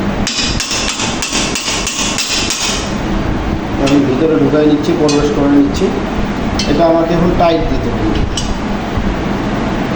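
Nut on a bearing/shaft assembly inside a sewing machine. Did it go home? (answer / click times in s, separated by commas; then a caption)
no / 8.4 s. A part is pushed into the mechanism of a Singer sewing machine, and the nut on its bearing/shaft assembly is tightened while someone talks, after a run of rapid metallic tapping in the first three seconds. A single short metallic clink sounds at 8.4 s. The assembly stays loose because the nut's thread has stripped while being tightened.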